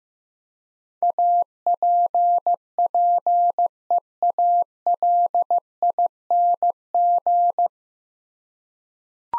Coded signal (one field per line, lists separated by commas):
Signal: Morse code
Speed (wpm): 15 wpm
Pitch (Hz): 700 Hz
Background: none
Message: APPEALING